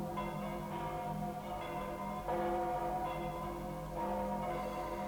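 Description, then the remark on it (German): Several church bells ring in the new year together in a continuous, overlapping peal, with fresh strikes every second or so and long, humming tones sustaining between them. No voices are heard. “Und jetzt läuten die Glocken das neue Jahr ein.”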